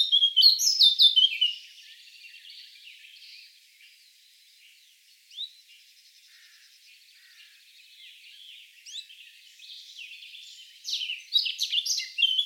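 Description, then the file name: Eurasian blackcap song: a loud burst of warbling, a long stretch of very soft, low-level chattering, then another loud, varied outburst. "Sylvia atricapilla"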